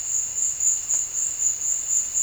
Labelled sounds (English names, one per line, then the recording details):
none
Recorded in dense forest near Puerto Asís, Putumayo, Colombia, on 21 December 2024 at 14:30
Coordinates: 0.484, -76.325
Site G056